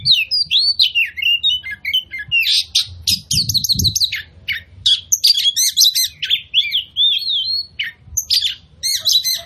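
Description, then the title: Oriental magpie-robin song, continuous energetic phrasing of curved whistles, grating chatter and clicks, with a brief low thump near four seconds. Song used as a lure to provoke other magpie-robins into aggression, tail-spreading and fighting display; full 'tembakan' bursts. "KACER NGOTOT FULL TEMBAKAN. Pancingan Kacer Gacor Plong Plongan Buat Kacer Lain Auto Emosi Buka Ekor Ngobra"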